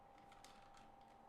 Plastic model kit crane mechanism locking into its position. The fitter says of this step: And this bitch locks in place.